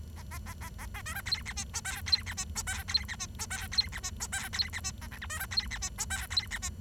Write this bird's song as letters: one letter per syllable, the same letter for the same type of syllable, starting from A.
A B A A A A C D E F G H I E F G H I E F G H I E F G H I E F G A J K C D E F G H I E F G